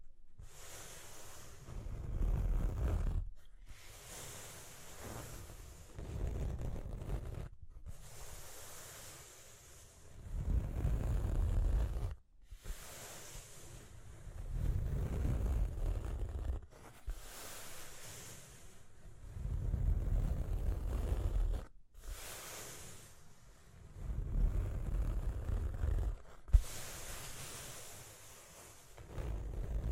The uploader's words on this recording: Tapping and Scratching (No Talking).